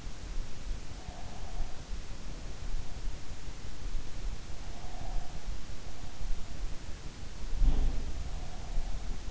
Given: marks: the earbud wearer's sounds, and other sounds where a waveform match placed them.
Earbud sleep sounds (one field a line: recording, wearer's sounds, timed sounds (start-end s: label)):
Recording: sounds in sleep by an in-ear microphone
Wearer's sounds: breath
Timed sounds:
0.91-3.11 s: breath
4.79-6.73 s: breath
7.64-9.31 s: breath